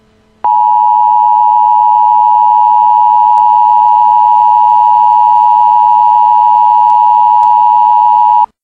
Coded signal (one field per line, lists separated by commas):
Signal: Emergency Alert System (SAME) tones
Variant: 853 and 960 Hz attention tone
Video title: EAS